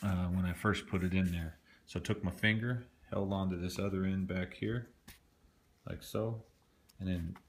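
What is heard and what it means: Someone talks while handling an AA battery going into the battery tube of an Apple Wireless Keyboard, holding the other end with a finger and starting to push because the keyboard wasn't working well. Nothing has seated or clicked yet; the battery has not locked into place.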